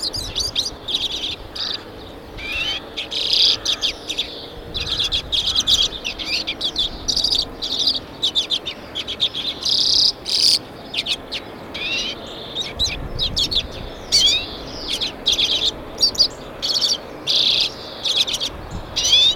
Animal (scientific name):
Carduelis flammea